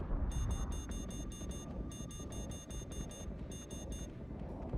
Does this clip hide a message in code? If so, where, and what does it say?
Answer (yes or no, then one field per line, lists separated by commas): no